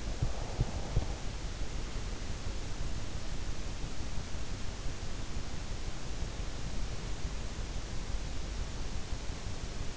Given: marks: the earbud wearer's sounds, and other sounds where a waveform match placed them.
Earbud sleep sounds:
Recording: sounds in sleep by an in-ear microphone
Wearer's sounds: breath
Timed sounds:
0.00-1.69 s: breath

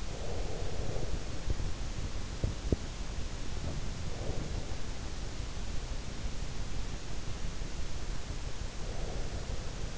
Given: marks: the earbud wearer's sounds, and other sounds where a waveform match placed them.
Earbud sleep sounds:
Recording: sounds in sleep by an in-ear microphone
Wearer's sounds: breath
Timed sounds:
0.00-1.36 s: breath
3.54-4.68 s: breath
8.59-9.60 s: breath

